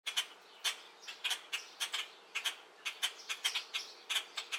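Bird giving rapid, clipped chirping notes, single or doubled, repeated several times a second in an uneven rhythm against quiet background.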